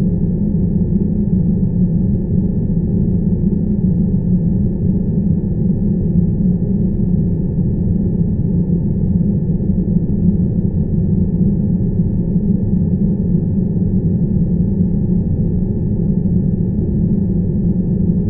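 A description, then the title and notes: Steady airplane cabin noise: a dense, low roar with no breaks or changes across the whole stretch. The sound sits deep, with a faint thin tone hovering above it, and nothing else stands out against the constant drone. 8 hours of uninterrupted airplane cabin noise. The drone of the airplane engine creates a uniform and steady background noise.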